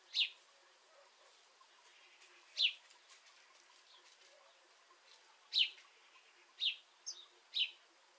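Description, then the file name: House sparrow calls: several sharp chirps at uneven intervals, with a quick softer double note near the end, against a light hiss. "Passer domesticus"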